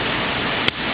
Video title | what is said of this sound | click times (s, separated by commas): HTC G1 TMobile Repair Dissasembly LCD (www.MyTutorialBook.com)0020.flv | to pop that off you'll hear them snap as you go you got a couple latches there | 0.7 s